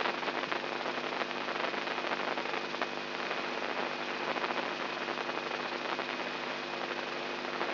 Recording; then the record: brain microelectrode recording played as sound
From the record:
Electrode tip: inside the subthalamic nucleus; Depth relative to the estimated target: -4 mm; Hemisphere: right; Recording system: AlphaMap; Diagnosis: Parkinson's disease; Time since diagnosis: 11 years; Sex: male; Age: 67 years